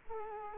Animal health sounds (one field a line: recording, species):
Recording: mosquito wingbeat signal from an infrared sensor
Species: Culex quinquefasciatus